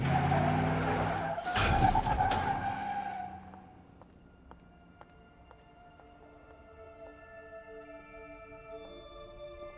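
A bus skids to a stop with a loud, harsh tire screech lasting about three seconds, then the noise drops to a low idling hum with faint clicking sounds.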